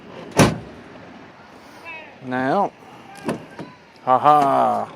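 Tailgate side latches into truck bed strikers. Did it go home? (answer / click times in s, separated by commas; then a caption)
yes / 0.4 s. After a new plastic tailgate handle is installed on a 2002-03 Ford F150 pickup, the tailgate is shut and its side latches catch the truck bed strikers with a single solid slam-and-latch at 0.4 s. The tailgate latches shut, then someone laughs and talks, with a couple of short faint knocks in between.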